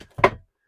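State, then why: Seated. A dinette seat or table part in a Winnebago Ekko Sprinter camper van is pushed into its mount. After a faint lead-in, a sharp, loud click at 0.2 s shows it setting into place, and it is seated.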